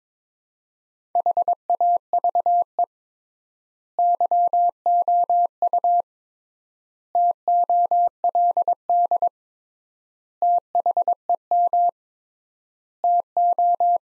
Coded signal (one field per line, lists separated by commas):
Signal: Morse code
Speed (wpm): 22 wpm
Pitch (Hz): 700 Hz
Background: none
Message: HAVE YOU TOLD THEM TO